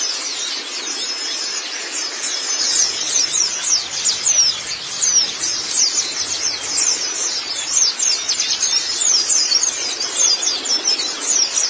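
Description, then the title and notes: White-eye song, a long run of shrill, rapid chirping notes delivered in a steady, busy warble with no breaks. "Suara kicauan burung pleci"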